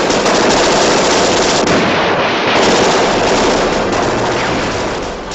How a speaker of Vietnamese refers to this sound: Khoảng 11 giờ đêm, cảnh sát kéo quân tới quán rượu Vương Miện Đỏ. Cuộc nổ súng ác liệt đã xảy ra. Cơn mưa đạn được hai phe trả qua lại. 5 người trong băng Barrow đấu súng với một đội cảnh sát và một chiếc xe bọc thép.